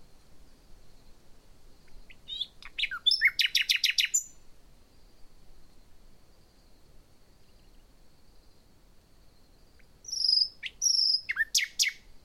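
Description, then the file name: Common nightingale with two separate song bursts, each of sharp whistled notes and a quick rattling series, split by a long quiet gap with a thin steady high tone. "Luscinia megarhynchos"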